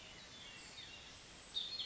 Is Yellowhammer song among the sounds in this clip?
no